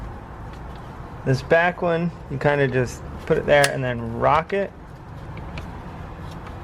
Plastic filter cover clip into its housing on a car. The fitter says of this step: it the right way it works better and that's how it locks into place